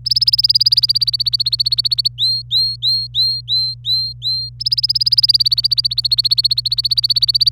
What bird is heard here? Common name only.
Domestic Canary